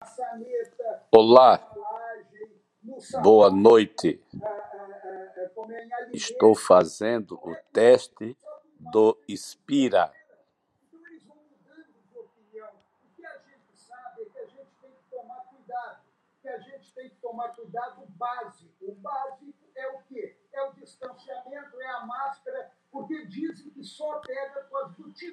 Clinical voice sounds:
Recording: spoken sentence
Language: Brazilian Portuguese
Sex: male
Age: 60 to 69 years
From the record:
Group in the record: control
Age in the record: 68 years

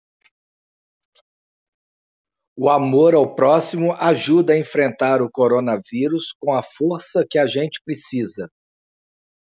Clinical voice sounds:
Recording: spoken sentence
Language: Brazilian Portuguese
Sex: male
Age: 40 to 49 years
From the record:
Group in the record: control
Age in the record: 48 years

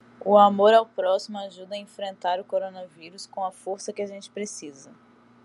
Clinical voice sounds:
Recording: spoken sentence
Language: Brazilian Portuguese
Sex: female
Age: 20 to 29 years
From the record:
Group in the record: control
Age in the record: 25 years

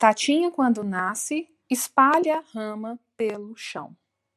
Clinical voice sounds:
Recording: short text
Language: Brazilian Portuguese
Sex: female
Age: 30 to 39 years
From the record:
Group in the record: control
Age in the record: 37 years

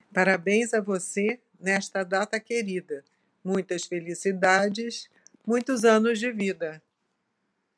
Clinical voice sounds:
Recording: short text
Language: Brazilian Portuguese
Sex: female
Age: 60 to 69 years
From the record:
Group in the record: control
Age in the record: 63 years

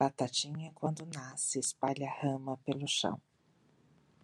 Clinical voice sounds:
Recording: short text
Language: Brazilian Portuguese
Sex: female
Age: 50 to 59 years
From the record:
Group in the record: control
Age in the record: 53 years

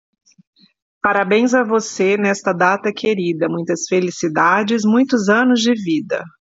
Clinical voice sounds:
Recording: short text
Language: Brazilian Portuguese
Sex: female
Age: 40 to 49 years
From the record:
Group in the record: control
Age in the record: 47 years

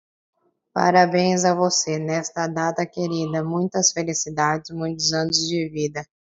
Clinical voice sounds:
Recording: short text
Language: Brazilian Portuguese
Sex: female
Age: 20 to 29 years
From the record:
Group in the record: control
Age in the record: 21 years

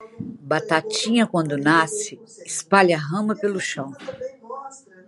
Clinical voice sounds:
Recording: short text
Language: Brazilian Portuguese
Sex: female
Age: 60 to 69 years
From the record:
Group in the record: control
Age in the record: 68 years

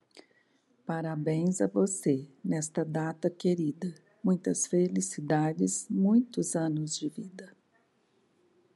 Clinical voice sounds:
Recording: short text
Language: Brazilian Portuguese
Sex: female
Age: 60 to 69 years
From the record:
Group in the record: control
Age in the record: 65 years

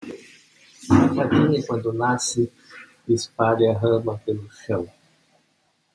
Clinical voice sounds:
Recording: short text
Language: Brazilian Portuguese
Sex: male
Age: 60 to 69 years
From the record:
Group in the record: control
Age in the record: 65 years

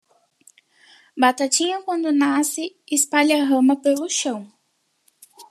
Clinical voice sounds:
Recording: short text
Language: Brazilian Portuguese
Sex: female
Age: 18 to 19 years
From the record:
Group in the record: control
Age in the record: 18 years

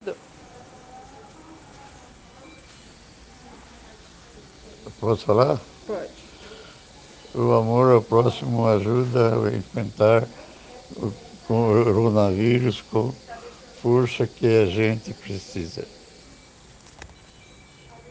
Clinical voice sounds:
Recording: spoken sentence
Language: Brazilian Portuguese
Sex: male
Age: 70 to 79 years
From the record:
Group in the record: respiratory insufficiency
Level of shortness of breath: 5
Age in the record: 73 years

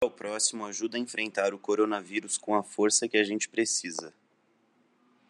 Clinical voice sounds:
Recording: spoken sentence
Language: Brazilian Portuguese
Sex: male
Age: 20 to 29 years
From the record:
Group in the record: control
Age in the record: 25 years

